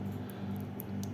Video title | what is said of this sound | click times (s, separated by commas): JWPF connector assembly for Nucular controller | and you can hear the click noise when you insert the wires so | 0.8 s, 1.0 s